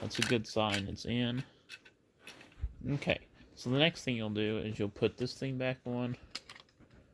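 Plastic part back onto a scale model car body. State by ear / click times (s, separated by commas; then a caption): not seated / none. A plastic part is handled as it is about to be put back onto the body of a 1:24 scale 1973 Pontiac Firebird model car. Someone talks throughout, with a few faint short clicks between the words. The part has not snapped into place yet, and nothing has seated or clicked home.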